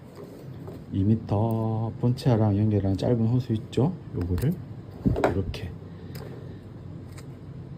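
Someone talks while handling the short 2 m hose that connects to the hose reel body, bringing its quick connector toward the reel's plastic quick-connect coupling. A brief sharp transient stands out near 6.2 s, but the connector has not yet clicked or seated by the end of the clip.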